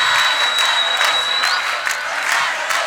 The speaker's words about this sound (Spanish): Palmas, todos, todos, todos.